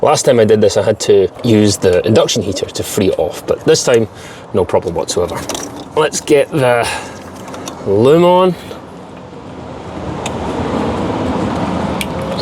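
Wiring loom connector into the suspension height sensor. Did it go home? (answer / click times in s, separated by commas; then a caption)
yes / 12.0 s. Someone talks while a wiring loom's plastic connector is pushed onto a new AHC suspension height sensor, with a low vehicle-like hum in the background. A sharp click at 12.0 s marks the connector seating into place.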